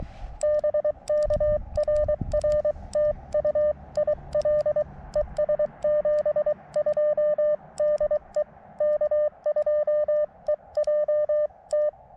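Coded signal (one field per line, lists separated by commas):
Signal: Morse code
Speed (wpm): 23 wpm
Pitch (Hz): 1800 Hz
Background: none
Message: BK RR TU IL ES 72 DE K2EJT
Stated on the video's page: CW Parks On The Air activation with a KX2 in horrendous conditions, later using a better antenna.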